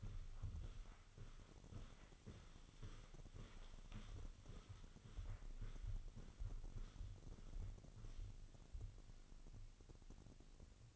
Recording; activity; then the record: daily activity, microphone in the room; walk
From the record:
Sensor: 4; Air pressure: 1010.1 hPa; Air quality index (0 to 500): 172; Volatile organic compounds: 2 ppm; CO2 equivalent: 1244 ppm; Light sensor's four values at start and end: 50/123/52/57 and 50/125/52/57